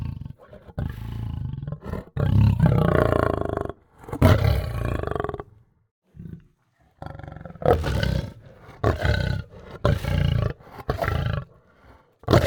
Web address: lion snarl